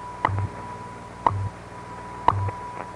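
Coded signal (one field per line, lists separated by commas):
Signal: radio time signal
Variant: WWV/WWVH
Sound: three crisp clicks a second apart over hiss, each followed by a low hum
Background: radio static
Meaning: Each tick marks one second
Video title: WWV = WWVH - Time Signal Identification - Shortwave - 1980's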